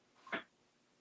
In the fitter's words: going to make sure it actually comes forward. Clicks into place.